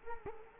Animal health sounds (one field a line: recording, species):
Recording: mosquito wingbeat signal from an infrared sensor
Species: Culex quinquefasciatus